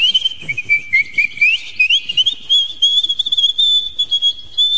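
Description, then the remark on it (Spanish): A person whistles a bird-like trill for the caged birds a man carries in a told story: one steady, high, piercing tone that wavers and warbles, dips briefly, then glides gradually upward, sounding alone throughout with no talking. “trinaban y trinaban”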